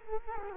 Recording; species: mosquito wingbeat signal from an infrared sensor; Culex quinquefasciatus